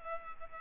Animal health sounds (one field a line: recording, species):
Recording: mosquito wingbeat signal from an infrared sensor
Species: Culex pipiens